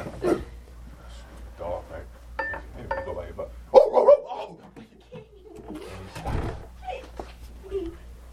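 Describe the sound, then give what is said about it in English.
A person imitates a dog with a short, loud burst of gruff barking sounds, breaking into lively talk that continues around it. “His dog barks.”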